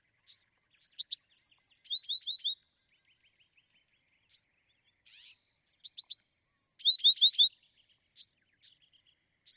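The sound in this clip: Bewick's wren singing a quick phrase of sharp notes, a clear high whistle and a short rolling trill, repeated twice amid scattered chips.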